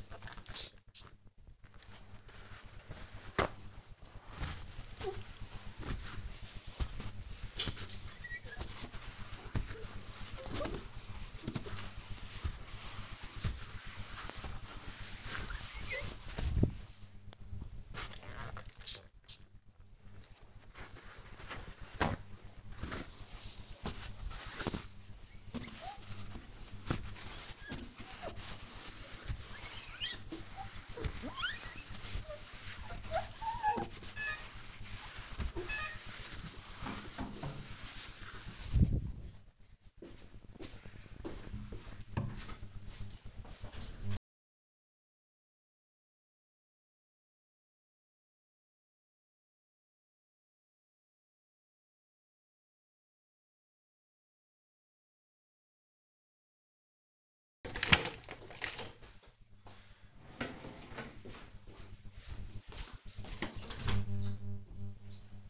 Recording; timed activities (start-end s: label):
household activities, microphone on the right wrist
0.00-37.91 s: window cleaning